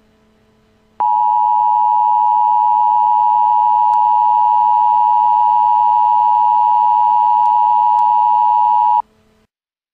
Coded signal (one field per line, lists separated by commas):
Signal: Emergency Alert System (SAME) tones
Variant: 853 and 960 Hz attention tone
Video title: EAS in Television: "Jericho"